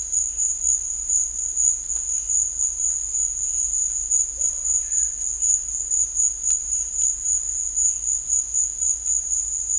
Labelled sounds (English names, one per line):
none